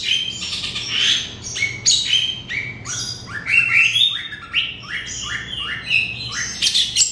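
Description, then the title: Oriental magpie-robin song, a rich run of varied whistles and chirps, many notes sliding up or down, delivered in quick bursts with brief gaps. "Kicau Kacer"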